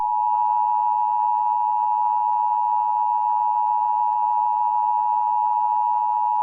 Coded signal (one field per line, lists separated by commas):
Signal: Emergency Alert System (SAME) tones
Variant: 853 and 960 Hz attention tone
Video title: EAS Scenario #11 - [EAS Scenario/Analog Horror] - The SCP Uprising